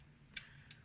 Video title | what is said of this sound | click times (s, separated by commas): Dazzlar LEDs HJ-HZ indicator and park light installation guide. | it in all the way, and you hear that little click. | 0.4 s